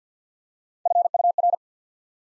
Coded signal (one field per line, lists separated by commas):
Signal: Morse code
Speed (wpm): 50 wpm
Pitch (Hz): 700 Hz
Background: none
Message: F U R